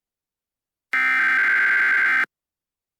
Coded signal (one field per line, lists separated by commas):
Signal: Emergency Alert System (SAME) tones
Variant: header bursts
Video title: Mega Murderers on the loose An EAS Scenario